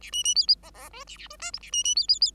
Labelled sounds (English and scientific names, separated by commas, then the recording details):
Bengalese Finch (Lonchura striata domestica) song
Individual Bird5